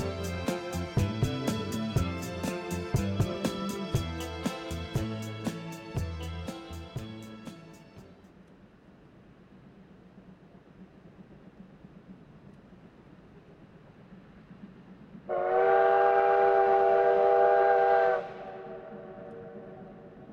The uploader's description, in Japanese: JR陸羽西線を走るC11 325牽引の「SLもがみ号」